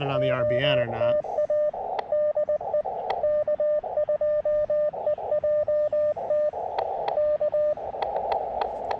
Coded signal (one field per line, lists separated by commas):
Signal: Morse code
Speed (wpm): 20 wpm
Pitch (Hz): 600 Hz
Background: speech, radio noise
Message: OTA DE K2EJT K